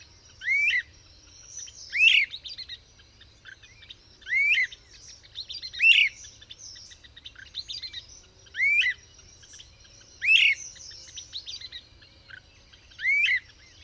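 Bird song with several near-identical swooping whistled phrases over faint background sound.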